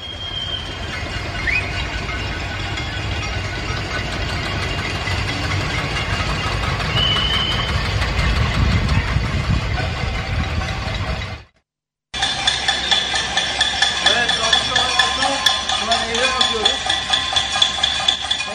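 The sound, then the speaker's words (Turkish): Protesters in Göztepe, Istanbul, bang many pots and pans at once in a noise protest, making a dense, continuous metallic clatter of rapid clanks with a murmur of voices underneath; the din cuts out briefly, then resumes just as busy. “Şişli, Kadıköy, Beşiktaş, Sarıyer'de insanlar balkonya'da pencerelerinden tencere tava çaldı.”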